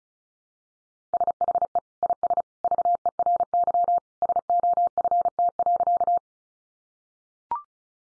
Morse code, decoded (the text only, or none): SHE IS VERY SOFT.